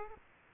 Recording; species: mosquito wingbeat signal from an infrared sensor; Aedes aegypti